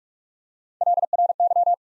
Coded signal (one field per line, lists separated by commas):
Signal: Morse code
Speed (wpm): 47 wpm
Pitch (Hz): 700 Hz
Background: none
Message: LRY